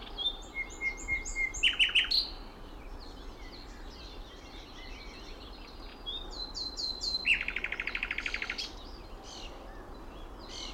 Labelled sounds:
Common Nightingale (Luscinia megarhynchos)

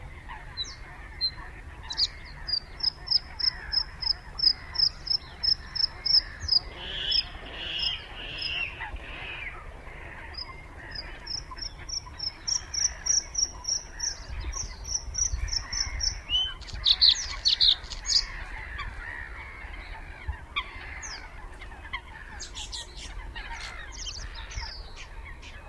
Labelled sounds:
Bluethroat (Luscinia svecica) song

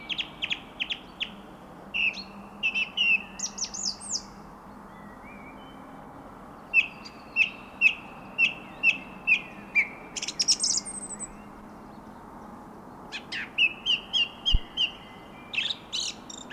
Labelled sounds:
Song Thrush (Turdus philomelos) song

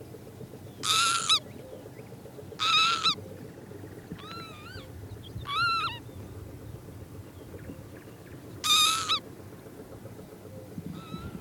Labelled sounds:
Northern Lapwing (Vanellus vanellus) call

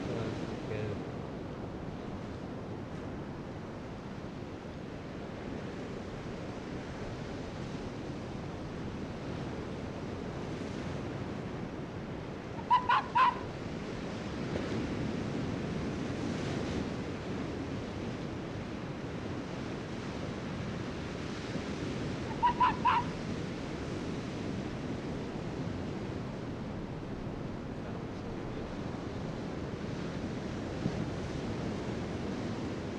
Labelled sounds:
Arctic Fox (Vulpes lagopus)

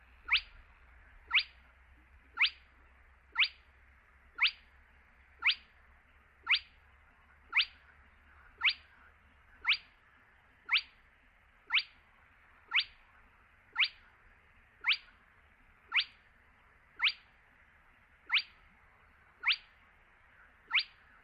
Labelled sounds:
Spotted Crake (Porzana porzana)

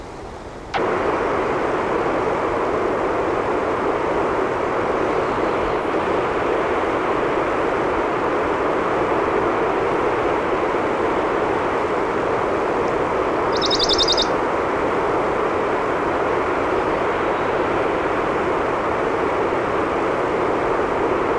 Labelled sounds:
Western Bonelli's Warbler (Phylloscopus bonelli) song

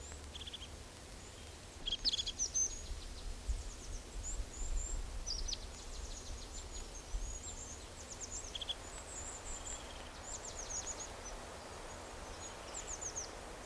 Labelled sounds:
Eurasian Blue Tit (Cyanistes caeruleus)

